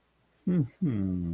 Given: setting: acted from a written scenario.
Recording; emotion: vocal sound without words; adoration